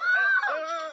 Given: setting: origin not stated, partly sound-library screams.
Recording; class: one-second piece from a danger detection set; woman in danger